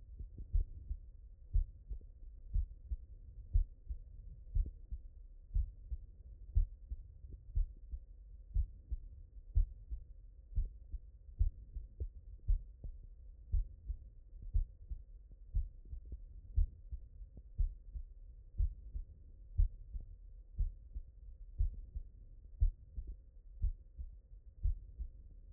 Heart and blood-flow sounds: heart sounds by stethoscope; mitral valve (MV)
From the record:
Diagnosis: non-HFrEF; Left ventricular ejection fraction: 71%

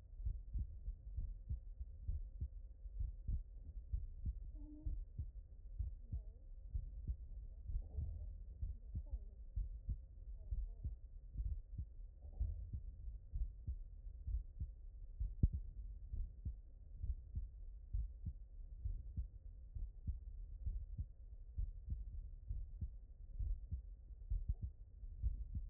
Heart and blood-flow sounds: heart sounds by stethoscope; aortic valve (AV)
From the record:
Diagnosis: non-HFrEF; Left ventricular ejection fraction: 60%

